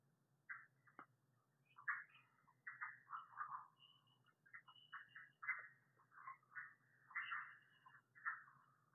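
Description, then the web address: Red-eyed tree frog calls: short, harsh clucking notes in irregular bursts over a steady low hum. "phyllomedusidae Agalychnis-callidryas"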